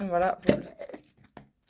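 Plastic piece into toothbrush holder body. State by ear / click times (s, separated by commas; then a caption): seated / 1.4 s. A plastic piece is fitted into the body of a cheap toothbrush and toothpaste holder. Someone talks, packaging crinkles, and a sharp click at 1.4 s marks the two plastic parts slotting together and seating.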